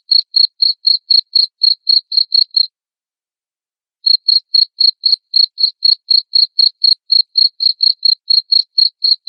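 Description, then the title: Cricket chirping at about four pulses a second, broken by a silent gap of roughly a second and a half, then continuing steadily. Loud cricket chirping played to make lovebirds sing continuously. "Suara JANGKRIK NGERIK Keras Bikin LOVEBIRD Jadi NGEKEK Terus"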